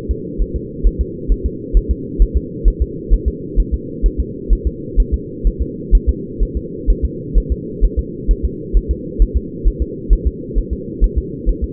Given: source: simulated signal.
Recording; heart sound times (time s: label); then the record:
fetal heart sounds
0.11 s: S2
0.42 s: S1
0.56 s: S2
0.87 s: S1
1.01 s: S2
1.32 s: S1
1.46 s: S2
1.77 s: S1
1.91 s: S2
2.22 s: S1
2.37 s: S2
2.68 s: S1
2.82 s: S2
3.14 s: S1
3.28 s: S2
3.60 s: S1
3.74 s: S2
4.06 s: S1
4.20 s: S2
4.53 s: S1
4.67 s: S2
5.00 s: S1
5.14 s: S2
5.47 s: S1
5.62 s: S2
5.95 s: S1
6.09 s: S2
6.43 s: S1
6.57 s: S2
6.90 s: S1
7.05 s: S2
7.38 s: S1
7.52 s: S2
7.85 s: S1
7.99 s: S2
8.31 s: S1
8.45 s: S2
8.77 s: S1
8.91 s: S2
9.22 s: S1
9.37 s: S2
9.68 s: S1
9.82 s: S2
10.13 s: S1
10.27 s: S2
10.59 s: S1
10.73 s: S2
11.04 s: S1
11.18 s: S2
11.49 s: S1
11.64 s: S2
From the record:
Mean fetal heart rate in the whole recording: 130 bpm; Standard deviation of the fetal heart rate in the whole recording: 2 bpm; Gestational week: 36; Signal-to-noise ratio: -4.1 dB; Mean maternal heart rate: no maternal heart sound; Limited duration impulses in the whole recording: absent